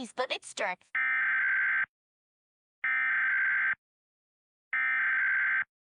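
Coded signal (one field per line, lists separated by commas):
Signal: Emergency Alert System (SAME) tones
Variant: header bursts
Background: speech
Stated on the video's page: Fictional EAS scenario, not a real alert.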